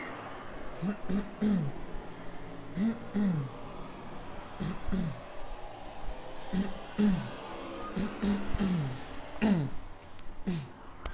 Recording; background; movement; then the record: throat clearing; traffic; walking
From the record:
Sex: male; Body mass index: 20.5 kg/m2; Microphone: on the chest, facing outward